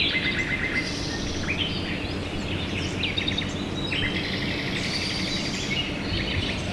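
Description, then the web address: Birdsong from several birds, quick chirped phrases and twittering trills following one another closely, against a steady low hum of background noise. Recorded at dawn, 5 a.m. "poloska hajnal 5 ora madarak skalapotamia"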